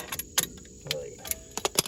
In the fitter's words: twist it till it locks in place